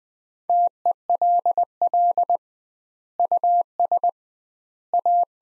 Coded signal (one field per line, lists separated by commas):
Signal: Morse code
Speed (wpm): 20 wpm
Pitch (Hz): 700 Hz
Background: none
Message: TELL US A